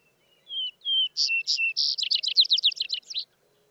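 Vesper Sparrow song: two clear, slightly falling whistles, a pair of brighter higher notes, then a rapid tumbling trill of high chips, ending after about three seconds.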